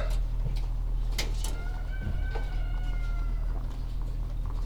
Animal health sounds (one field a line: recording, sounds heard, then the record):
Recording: poultry house recording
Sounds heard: sick chickens (respiratory disease)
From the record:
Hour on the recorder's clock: 17